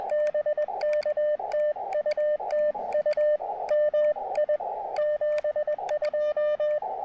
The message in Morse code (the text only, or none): BK TU TU MI 72